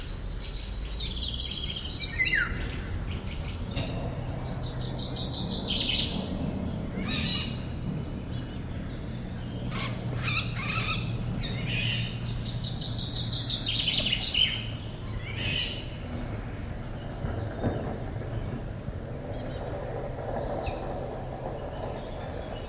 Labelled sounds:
Eurasian Golden Oriole (Oriolus oriolus)
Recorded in the wild
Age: adult
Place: Schielleitn
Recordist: Brunner, Thomas
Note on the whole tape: Aufnahme: Juni 1980 / 81, Schielleitn, Steiermark

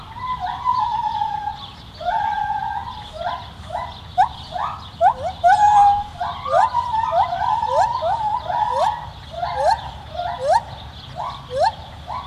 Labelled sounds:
Lar Gibbon (Hylobates lar) call
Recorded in captivity
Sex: group
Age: adult
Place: Tierpark Berlin, Berlin, DE
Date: 1973-07-12
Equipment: Nagra IV-L, Scotch-Band
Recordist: Altmann, Dagmar

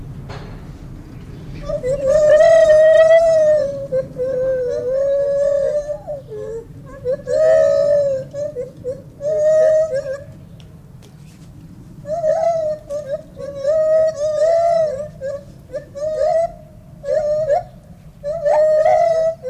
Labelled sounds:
Lar Gibbon (Hylobates lar) song
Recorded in captivity
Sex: diverse
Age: diverse
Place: Zoo Osnabrück, Niedersachsen, DE
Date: 1991-09-09 10:04
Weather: overcast, 13°C
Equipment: Marantz CP 430, Kopie Tesla B 116
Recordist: Tembrock, Günter
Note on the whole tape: Männchen und Weibchen (dunkel) und erwachsene Tochter (beide Weibchen rufen synchron (Gesang), Tochter (hell) geht dann immer in die Nähe der Mutter. Längere Stücke. Verwandtschaftsverhältnis von Bergmann bestätigt

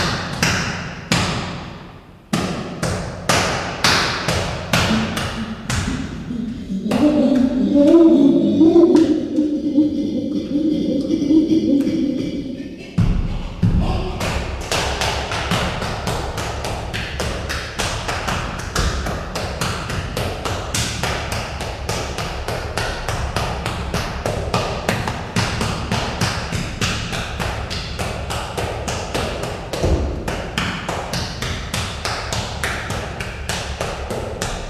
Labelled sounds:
Chimpanzee (Pan troglodytes) call
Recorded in captivity
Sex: male
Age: adult
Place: Zoo Dresden, Sachsen, DE
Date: 1969-02-09 14:00
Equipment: Uher 4200 Report Stereo, Sennheiser MD 421
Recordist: Tembrock, Günter

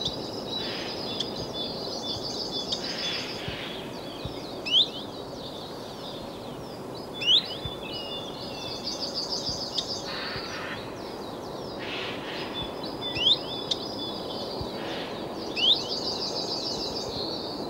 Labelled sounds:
Common Chiffchaff (Phylloscopus collybita) song
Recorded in the wild
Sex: male
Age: adult
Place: Villach, Kärnten, AT
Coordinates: 46.59, 13.825
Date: 1971-04-20
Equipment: Uher 4100 Report-V, Sennheiser MKH 804
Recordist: Brunner, Thomas

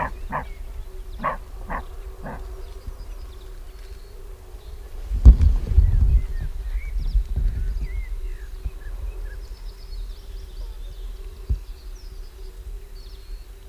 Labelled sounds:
Western Roe Deer (Capreolus capreolus) barking
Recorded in the wild
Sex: male
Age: adult
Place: Parsteiner See, Barnim, Brandenburg, DE
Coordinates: 52.9628, 13.99
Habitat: field
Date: 2006-05-01 20:25
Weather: fair, 12°C, weak to moderate winds
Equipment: Marantz PMD 660, Sennheiser MKH 70, Windkorb
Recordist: Frommolt, Karl-Heinz

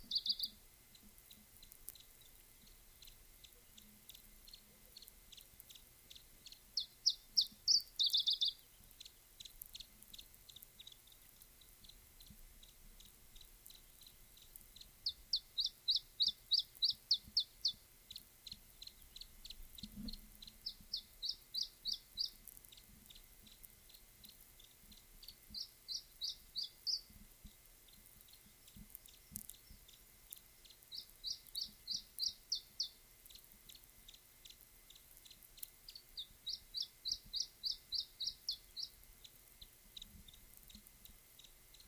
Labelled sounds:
Iberian Chiffchaff (Phylloscopus ibericus)
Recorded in the wild
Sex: diverse
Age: adult
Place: Bei Lanestosa, Nordspanien, Baskenland, ES
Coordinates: 43.2333, -3.43333
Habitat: mountain side
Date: 1964-05-05 13:40
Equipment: Nagra III PH, Parabolspiegelmikrophon, LGS26
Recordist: Sapper and Schneider, H.-J

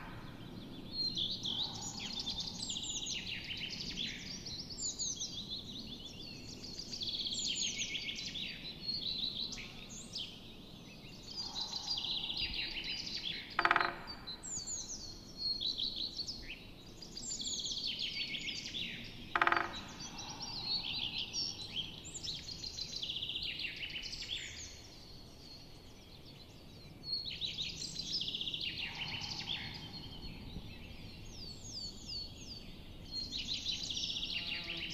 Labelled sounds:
Great Spotted Woodpecker (Dendrocopos major) drumming
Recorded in the wild
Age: adult
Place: Goriner Forst, Naturpark Barnim, Brandenburg, DE
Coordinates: 52.7038, 13.4911
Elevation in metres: 77
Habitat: deciderous forest
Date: 2014-04-27
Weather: cloudy, 15°C, weak wind
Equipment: Sound Devices 702, Sennheiser MKH 70, Rycote Windschutz
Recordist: Frommolt, Karl-Heinz

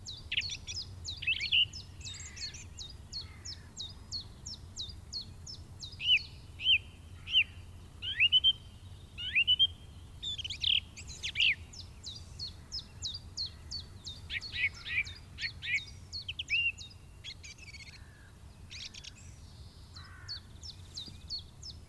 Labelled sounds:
Song Thrush (Turdus philomelos) song
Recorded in the wild
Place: Garmisch-Partenkirchen, Bayern, DE
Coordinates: 47.4919, 11.0972
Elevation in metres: 706
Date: 1969-04-13
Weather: Schneefall
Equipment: Nagra III, Sennheiser MKH 405
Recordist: Tretzel, Erwin

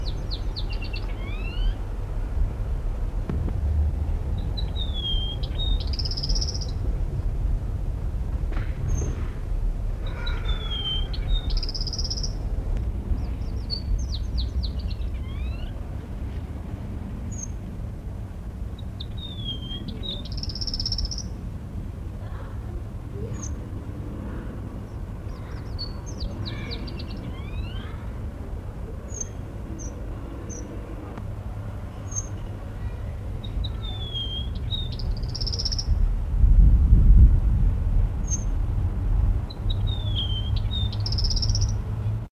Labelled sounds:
Red Avadavat (Amandava amandava) call
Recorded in captivity
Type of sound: call
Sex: male
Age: adult
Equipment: Halbspur, 9,5 cm/s
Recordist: Lütgens, Hans
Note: Männchen

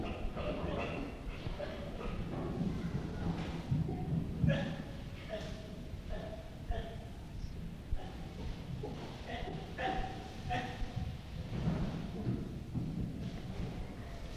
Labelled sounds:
Chimpanzee (Pan troglodytes)
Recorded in captivity
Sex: pair
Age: adult
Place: Tierpark Berlin, Berlin, DE
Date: 1966-09-21
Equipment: Tonbandgerät v. Herrn Lippert ausgeliehen
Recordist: unbekannt, keine Angabe

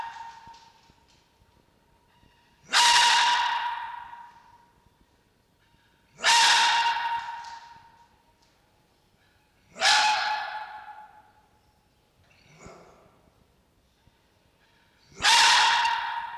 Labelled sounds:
Red Fox (Vulpes vulpes)
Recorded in captivity
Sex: male
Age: diverse
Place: Zoologisches Institut der HUB, Berlin, DE
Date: 1953-03-16
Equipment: Elmetra
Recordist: Tembrock, Günter

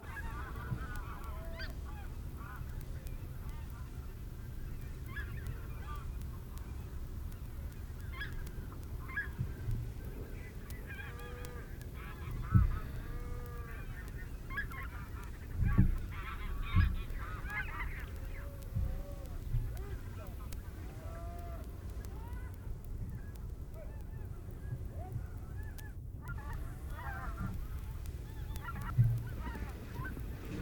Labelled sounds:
Taiga Bean Goose (Anser fabalis) call, Greater White-fronted Goose (Anser albifrons) call
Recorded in the wild
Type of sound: call
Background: Anser albifrons
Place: Freesen, Insel Rügen, Mecklenburg-Vorpommern, DE
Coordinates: 54.497, 13.237
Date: 1969-10-07
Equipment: Nagra III BH, Sennheiser MD 421, parabola
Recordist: Schubert, Michael
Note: Bei Freesen (17:00-18:00 Uhr): Saatg., Bläßg., Graugänse ivor einem Abflug Udarser Wiek (MD 421 im Refl.)

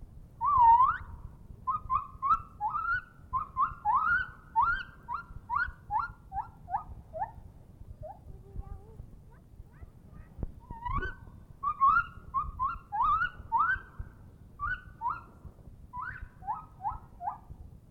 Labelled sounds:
Lar Gibbon (Hylobates lar)
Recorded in captivity
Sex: male
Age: adult
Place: Zoo Rostock, Mecklenburg-Vorpommern, DE
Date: 1965-09-01 10:50
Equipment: Uher 4200 Report Stereo, Transistorverstärker II, Sennheiser MD 421
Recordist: Tembrock, Günter

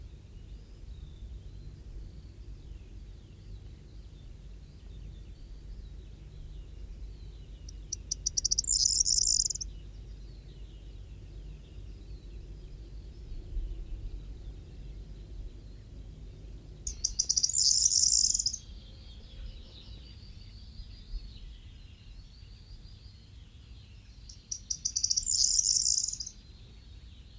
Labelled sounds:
Corn Bunting (Emberiza calandra) song
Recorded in the wild
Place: Buschvitz, Insel Rügen, Mecklenburg-Vorpommern, DE
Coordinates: 54.431, 13.472
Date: 1971-05-29
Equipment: Nagra III BH, Sennheiser MD 21, parabola
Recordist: Schubert, Michael

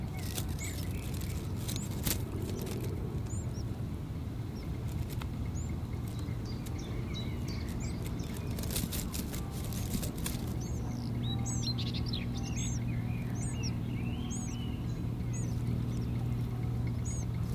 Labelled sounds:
Willow Warbler (Phylloscopus trochilus)
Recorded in the wild
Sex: female
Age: diverse
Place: Lichtenbergerhöhe, Tübingen, Baden-Württemberg, DE
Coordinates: 48.5147, 9.03611
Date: 1967-06-26 11:18
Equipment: Nagra III PH, MD 421, LGS26
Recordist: Schneider, Hans-Joachim

